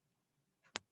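An MRI volume head coil is lined up with its port on the table and pushed in until it is fully connected. Faint low background noise gives way to a soft rustle near 0.65 s, then a sharp, loud click at 0.8 s as the connector seats in the port, followed by a brief low thump at the very end.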